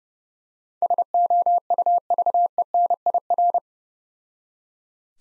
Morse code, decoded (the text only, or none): SOUVENIR